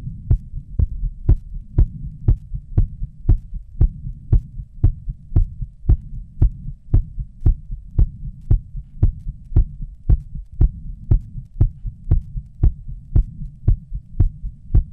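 Steady, fast low thumping heartbeat at about 115 beats a minute over a constant low hum, after 20 minutes.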